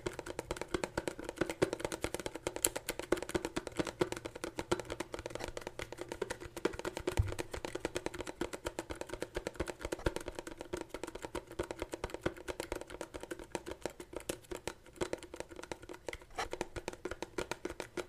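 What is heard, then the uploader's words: Unexpected ASMR tapping: quick, dense taps and clicks run without pause for the whole stretch, crisp and bright, over a steady low-mid hum. A sharper knock stands out near the seven-second mark, and the pace stays busy throughout. Unexpected ASMR tapping.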